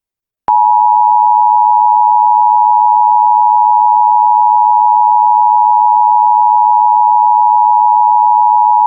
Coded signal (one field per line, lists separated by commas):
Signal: Emergency Alert System (SAME) tones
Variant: 853 and 960 Hz attention tone